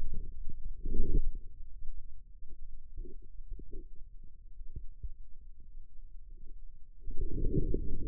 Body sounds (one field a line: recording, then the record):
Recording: forearm muscle sounds (acoustic myography)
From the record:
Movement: outward rotation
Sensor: system 2, bracelet of six BSWA MPA416 microphones around the upper forearm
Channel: 5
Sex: male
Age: 22 years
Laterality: right